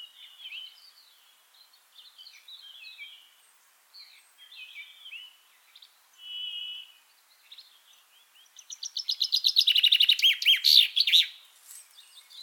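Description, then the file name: Common chaffinch song near the end, a fast trill of repeated notes ending in an emphatic flourish, after several seconds of quiet twittering phrases. "Fringilla coelebs"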